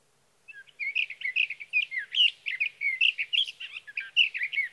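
Sage thrasher with an extended, fluid song of rich warbled notes and quick slurs, continuing unbroken for over four seconds.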